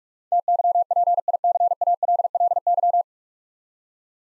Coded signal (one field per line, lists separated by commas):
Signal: Morse code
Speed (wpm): 46 wpm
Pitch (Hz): 700 Hz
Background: none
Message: TYPICALLY